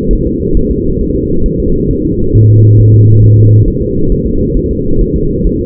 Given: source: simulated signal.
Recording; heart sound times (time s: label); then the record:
fetal heart sounds
0.13 s: S1
0.27 s: S2
0.57 s: S1
0.71 s: S2
1.01 s: S1
1.16 s: S2
1.46 s: S1
1.60 s: S2
1.91 s: S1
2.05 s: S2
2.36 s: S1
2.50 s: S2
2.80 s: S1
2.94 s: S2
3.24 s: S1
3.38 s: S2
3.68 s: S1
3.82 s: S2
4.12 s: S1
4.26 s: S2
4.57 s: S1
4.71 s: S2
5.01 s: S1
5.16 s: S2
5.47 s: S1
5.61 s: S2
From the record:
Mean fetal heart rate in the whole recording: 135 bpm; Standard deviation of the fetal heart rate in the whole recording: 3 bpm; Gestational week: 36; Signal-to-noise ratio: -16.4 dB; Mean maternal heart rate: 72 bpm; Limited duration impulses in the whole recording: present